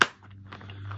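A snap latch on a plastic storage case lid is pressed shut, giving a sharp, loud snap at 0.0 seconds as it seats closed. A few faint clicks and handling sounds follow over a low steady hum, and the latch is held as one working latch that is enough to keep the case closed while the other side does not click shut.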